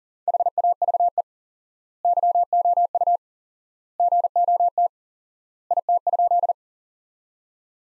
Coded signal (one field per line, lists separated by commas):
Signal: Morse code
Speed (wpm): 40 wpm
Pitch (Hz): 700 Hz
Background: none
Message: HAVE YOU GOT IT?